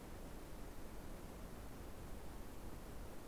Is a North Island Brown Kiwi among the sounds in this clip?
no